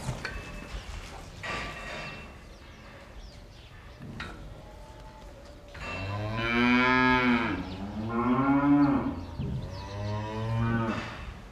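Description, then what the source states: Cow mooing: a few long, deep moos after several seconds of quiet shuffling and knocks. In a barn.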